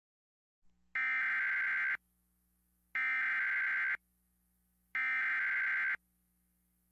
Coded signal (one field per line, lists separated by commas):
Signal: Emergency Alert System (SAME) tones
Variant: header bursts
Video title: Eas severe thunderstorm warning 9/10/2016